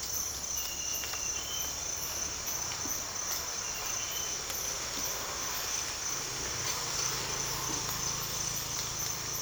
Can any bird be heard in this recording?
no